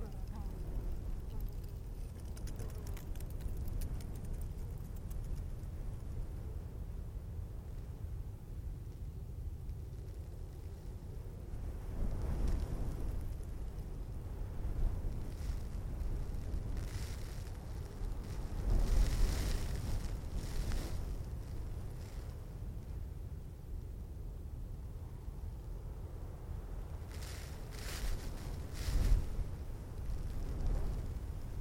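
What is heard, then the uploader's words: Wind blows steadily across a sand dune, a constant low rumble with a thin hiss of sand skittering over the hard crust. Stronger gusts swell around 12, 18 to 20, and 27 to 29 seconds, bringing brighter, sharper bursts of blowing sand. Skeleton Coast - Sand Dune In Moderate Wind. Soft sand being blown over a hard crust of sand on a dune in the Namib desert.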